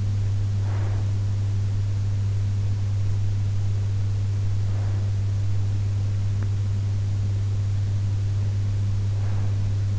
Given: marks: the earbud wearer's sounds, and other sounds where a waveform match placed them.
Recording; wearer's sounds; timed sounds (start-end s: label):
sounds in sleep by an in-ear microphone; breath
0.00-1.62 s: breath
8.65-9.92 s: breath